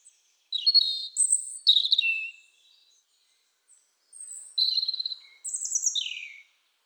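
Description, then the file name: European robin singing two bursts of high, sparkling warbles with trills and falling notes, split by a quiet gap of about two seconds. "Erithacus rubecula"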